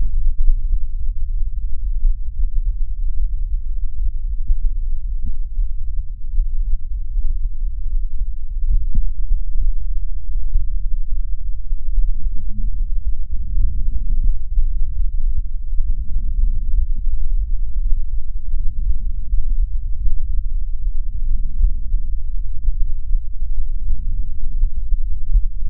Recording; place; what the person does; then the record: lung sounds by stethoscope; right posterior basal chest; quiet breathing, then deep breathing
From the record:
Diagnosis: none (healthy); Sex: male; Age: 29 years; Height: 180 cm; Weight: 100 kg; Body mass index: 30.9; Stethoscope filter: bell mode